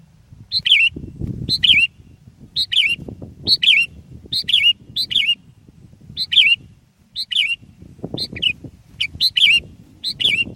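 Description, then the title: Sooty-headed bulbul singing about a dozen short, bubbly phrases, roughly one per second, each opening with a bright note and rolling into a liquid warble; low rumbling noise underneath. "kutilang"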